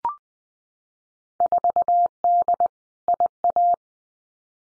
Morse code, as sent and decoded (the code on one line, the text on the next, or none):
....- -.. / .. .-
4D IA